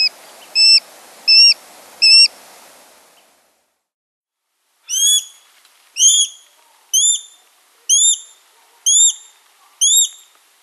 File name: Sharp shinned Hawk